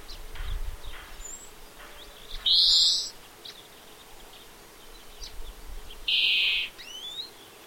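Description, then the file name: European greenfinch giving a buzzy, drawn-out wheeze twice, several seconds apart, with faint thin chirps and short whistles around them. "Chloris chloris"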